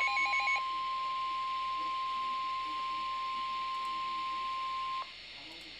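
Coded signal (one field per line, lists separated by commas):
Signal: Emergency Alert System (SAME) tones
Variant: 1050 Hz attention tone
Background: speech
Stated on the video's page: Real Severe Thunderstorm Warning EAS alert, issued on the Fourth of July.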